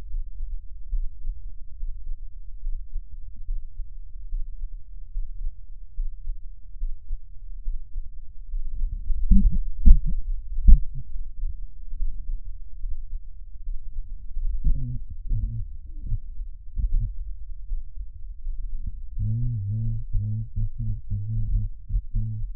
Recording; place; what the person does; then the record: lung sounds by stethoscope; right anterior apical chest; quiet breathing, then cough and speech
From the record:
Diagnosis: none (healthy); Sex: male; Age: 35 years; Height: 186 cm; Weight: 108 kg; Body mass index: 31.2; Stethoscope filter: bell mode